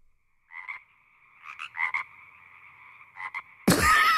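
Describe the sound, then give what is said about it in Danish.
A frog croaks in short, buzzy pulses over a steady mid-pitched trill, with several louder bursts, until a sudden loud rush of noise cuts in at the end. “Kan du høre? Så ja, er det en ny lille fræk frø.”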